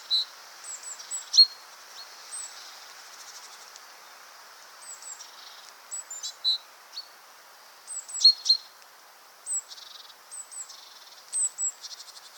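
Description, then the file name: Great tit calls: bright, thin high notes and quick chips in irregular groups, with a few faint buzzy phrases between them. "Parus major"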